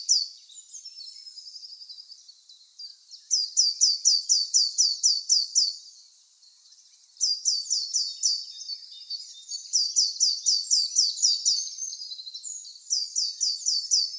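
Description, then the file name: Eurasian blue tit giving rapid high-pitched slurred notes in repeated runs of several each, with softer twittering between runs. "Cyanistes caeruleus"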